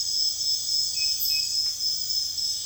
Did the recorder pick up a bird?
no